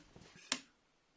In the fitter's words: Yeah, here is the click.